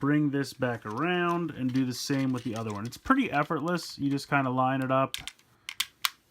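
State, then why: Seated. Someone talks while lining up the second plastic shoe piece on a Transformers Legends LG-42 Godbomber toy figure and pushing it in to form the figure's shoes. After the talking stops, a few sharp plastic clicks are heard, and the piece snaps into place at 6.1 s.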